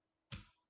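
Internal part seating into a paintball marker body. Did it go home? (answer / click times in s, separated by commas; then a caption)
yes / 0.3 s. An internal part of a paintball marker is put back into the marker body after an allen key has been used, during assembly. A single sharp, short click sounds at 0.3 s, broadband with a low thump, then decays quickly. The part seats into place.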